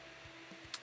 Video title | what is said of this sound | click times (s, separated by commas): Blue Door Welcome and Informational | now once it's clicked | 0.7 s